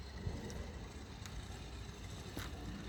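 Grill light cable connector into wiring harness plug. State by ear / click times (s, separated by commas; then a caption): not seated / none. A grill light bar cable connector on a 2018 F-150 Raptor is pushed into its mating plastic wiring harness plug during a grill light bar and LED headlight install, over a steady low rumble with brief faint taps near 0.5 and 1.3 seconds. The connector fails to latch, and nothing has seated or clicked yet.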